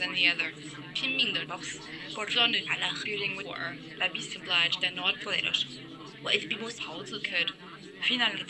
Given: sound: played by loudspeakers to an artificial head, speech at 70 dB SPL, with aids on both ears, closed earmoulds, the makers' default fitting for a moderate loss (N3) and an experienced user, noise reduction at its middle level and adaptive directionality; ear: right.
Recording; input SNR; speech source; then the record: speech test signal (ISTS) in cocktail-party noise; 0 dB; in front (0 degrees)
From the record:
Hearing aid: class 1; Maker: C